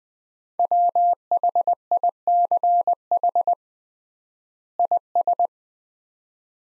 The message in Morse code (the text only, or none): WHICH IS